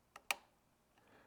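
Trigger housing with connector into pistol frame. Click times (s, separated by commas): 0.3 s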